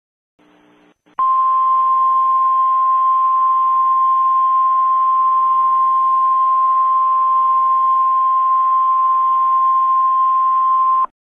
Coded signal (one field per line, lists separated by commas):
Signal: Emergency Alert System (SAME) tones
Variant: 1050 Hz attention tone